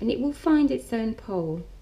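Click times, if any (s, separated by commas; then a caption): none. A loose magnet is brought toward its partner on the closing flap of a card box, ready to form a magnet clasp, while a woman talks throughout. Nothing has seated or clicked yet; the clip ends just before the magnet snaps into place.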